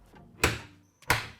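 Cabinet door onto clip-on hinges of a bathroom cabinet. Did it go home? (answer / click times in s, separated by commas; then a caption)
yes / 0.4 s, 1.1 s. A finished oak cabinet door for a bathroom cabinet is fitted onto its clip-on hinges and snaps into place. Two sharp, loud snaps are heard at 0.4 and 1.1 seconds, with a faint tick just before the second one. The door is seated on the hinges.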